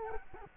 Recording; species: mosquito wingbeat signal from an infrared sensor; Culex quinquefasciatus